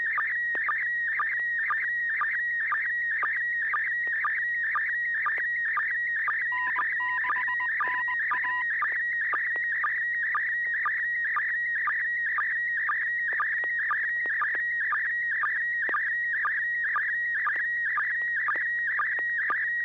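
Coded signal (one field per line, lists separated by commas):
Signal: SSTV (slow-scan television)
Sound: steady warbling tone around 1.9 kHz with rapid, regular short low blips throughout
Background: low electrical hum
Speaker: image I'll let others take a guess first before I guess starting with Carol kp4mg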